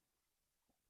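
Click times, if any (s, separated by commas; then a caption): none. The removable slide piece of a Grimburg pepper-round launcher is carefully pushed back into the launcher frame, with quiet handling noise, a soft bump around 0.7 s, and louder rubbing contact building at the very end. Nothing has seated or clicked yet.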